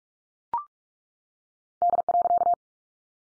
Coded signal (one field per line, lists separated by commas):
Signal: Morse code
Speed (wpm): 44 wpm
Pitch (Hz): 700 Hz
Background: none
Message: D.